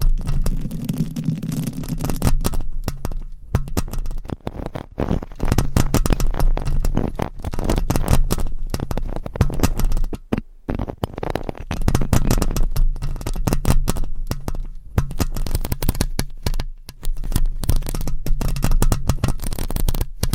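Fingernails scratch directly on a microphone, continuous, with dense rapid rasping strokes and frequent short silent gaps between bursts. The sound is full and heavy in the low end, with a muffled rumbling quality at the start.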